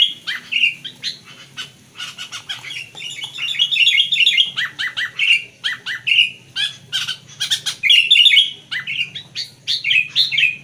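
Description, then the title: Sooty-headed bulbul song of brief bubbly whistled phrases, mixed with dense sharp ticking notes throughout, with short pauses between bursts. "Kutilang"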